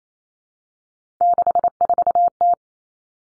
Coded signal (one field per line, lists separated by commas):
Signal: Morse code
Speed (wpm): 28 wpm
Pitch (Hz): 700 Hz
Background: none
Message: 64T